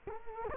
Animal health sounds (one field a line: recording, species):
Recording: mosquito wingbeat signal from an infrared sensor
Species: Culex quinquefasciatus